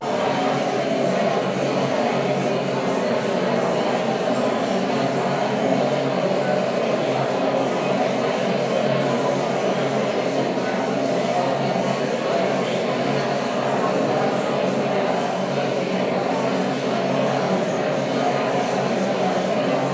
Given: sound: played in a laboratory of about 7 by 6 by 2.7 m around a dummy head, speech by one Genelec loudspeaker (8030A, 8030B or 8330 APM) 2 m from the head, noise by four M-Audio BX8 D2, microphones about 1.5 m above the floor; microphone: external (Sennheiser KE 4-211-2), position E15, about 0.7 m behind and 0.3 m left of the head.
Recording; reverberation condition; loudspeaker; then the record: babble noise; high; four, about 170 cm from the corners of the room and facing them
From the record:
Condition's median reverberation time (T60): about 1300 ms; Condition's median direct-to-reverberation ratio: about -4.0 dB